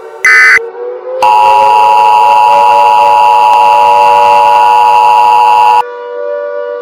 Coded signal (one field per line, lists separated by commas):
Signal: Emergency Alert System (SAME) tones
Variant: 853 and 960 Hz attention tone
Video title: EAS: The Riot